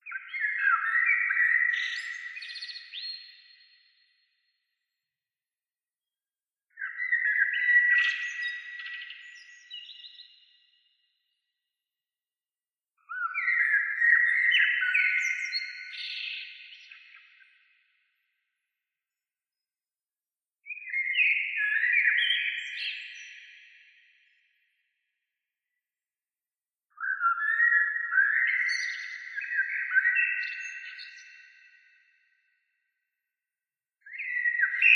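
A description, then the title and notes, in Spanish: Bird calls come in repeated phrases, each a dense burst of chirps lasting about three to four seconds, then fading. The phrases return regularly, roughly every six seconds, in a fairly high register, with complete silence between them and no background noise. Sonidos de Pájaros para Dormir. Llamadas de pájaros.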